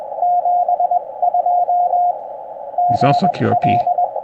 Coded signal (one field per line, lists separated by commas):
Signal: Morse code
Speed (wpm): 21 wpm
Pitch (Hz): 720 Hz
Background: speech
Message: 72 GL